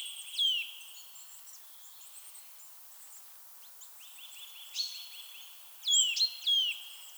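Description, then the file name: Eurasian nuthatch calls: a few sparse downward-slurred whistles, a short rapid trill near the middle, then a loud pair of falling notes. "Sitta europaea"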